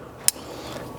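On a Nissan Frontier, the license plate light wiring harness plug is pushed back together by hand into its mating connector. A single sharp click sounds at 0.3 s over a low, steady background. The plug is reconnected and seated.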